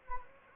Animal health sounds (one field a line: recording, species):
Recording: mosquito wingbeat signal from an infrared sensor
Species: Anopheles gambiae